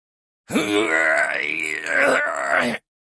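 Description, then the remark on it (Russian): A voice imitates heavy, noisy puffing: one continuous, drawn-out breathy groan lasting a couple of seconds, fairly loud, with a strained, rumbling tone that dips briefly in the middle. “Пропыхтел дух огня и, шумно дыша, уставился на меня.”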